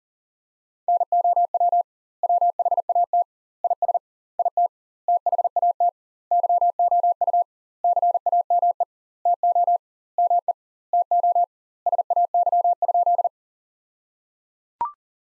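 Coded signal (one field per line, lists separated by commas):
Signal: Morse code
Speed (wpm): 37 wpm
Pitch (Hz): 700 Hz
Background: none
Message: NOW WHAT IS IT THAT YOU CAME TO ME TO SAY?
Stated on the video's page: Morse practice sentences from the top 200 words at 40 wpm with 2x standard word spacing, a Farnsworth-like method applied to words.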